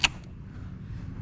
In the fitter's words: you got hear the click